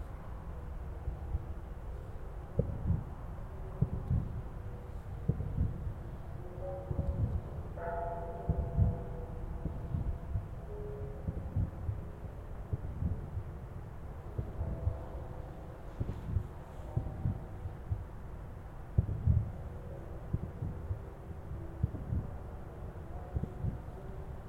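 Dull, low booms from New Year's midnight fireworks thud irregularly every second or two over a steady low rumble. Brief ringing tones, perhaps temple bells, rise around eight seconds and again near fifteen to seventeen seconds, then fade.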